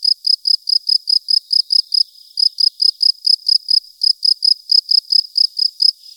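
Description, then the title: Field cricket song: steady high chirps, each a short pulse burst, repeated quickly with brief pauses. Recorded at Buoux, Vaucluse, in 2007. "Sylvain Jaskowiak - Animus. Grillon champêtre - Buoux, Vaucluse-2007"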